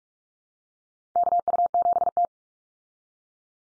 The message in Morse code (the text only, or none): KU7T